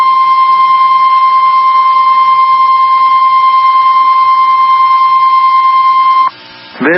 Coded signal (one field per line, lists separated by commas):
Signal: Emergency Alert System (SAME) tones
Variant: 1050 Hz attention tone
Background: speech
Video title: EAS 2x Required Weekly Test North Dakota Tornado Drill and Minneapolis Test NOAA Weather Radio